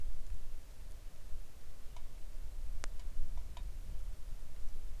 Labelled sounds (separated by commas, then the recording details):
wind, rain
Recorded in the Arctic National Wildlife Refuge, Alaska, on 3 August 2019 at 10:33
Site 41